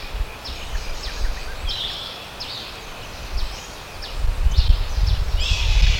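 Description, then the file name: Bird calls: short high chirps and downward sweeps repeated irregularly, several a second at times, over steady low wind rumble that swells near the end. "SABIOD 50 bird 2015"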